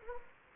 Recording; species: mosquito wingbeat signal from an infrared sensor; Anopheles gambiae